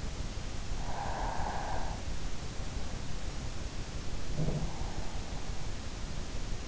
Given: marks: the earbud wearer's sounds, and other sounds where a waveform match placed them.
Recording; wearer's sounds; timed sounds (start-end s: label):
sounds in sleep by an in-ear microphone; breath, teeth grinding
0.31-2.31 s: breath
4.08-5.34 s: teeth grinding